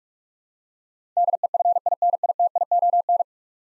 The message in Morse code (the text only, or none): DEFINITION